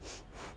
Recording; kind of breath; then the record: one breath in and out by a microphone near the nose and mouth; strong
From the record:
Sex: female